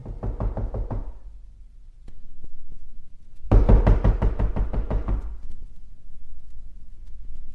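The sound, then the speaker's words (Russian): A visitor knocks firmly on a door: a quick run of about six solid raps, a pause, then a louder, longer burst of roughly nine heavy knocks in steady rhythm, with no voices. “Гость остановился перед дверью и крепко постучал.”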